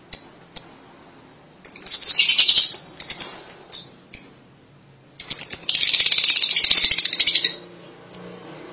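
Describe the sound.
Lovebird calls: sharp high chirps alternating with two long harsh screeching bursts, the later one lasting about two seconds.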